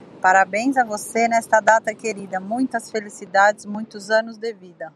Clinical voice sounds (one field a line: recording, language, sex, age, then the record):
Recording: short text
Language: Brazilian Portuguese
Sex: female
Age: 40 to 49 years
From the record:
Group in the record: control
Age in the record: 43 years